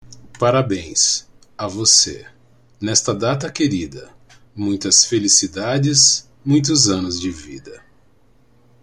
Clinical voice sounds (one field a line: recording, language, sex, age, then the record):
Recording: short text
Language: Brazilian Portuguese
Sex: male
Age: 50 to 59 years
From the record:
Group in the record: control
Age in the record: 50 years